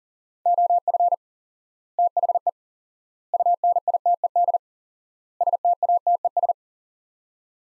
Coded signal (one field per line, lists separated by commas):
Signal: Morse code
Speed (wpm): 40 wpm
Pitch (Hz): 700 Hz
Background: none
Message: OF THE UNITED STATES